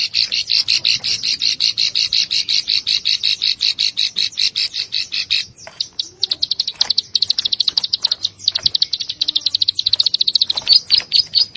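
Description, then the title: Prinia singing a dense, fast train of high, sharp notes, loud at first, then breaking into a slightly looser rapid series. "Ciblek Sawah"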